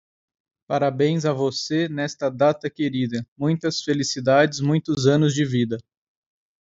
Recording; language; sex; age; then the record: short text; Brazilian Portuguese; male; 30 to 39 years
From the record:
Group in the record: control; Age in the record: 39 years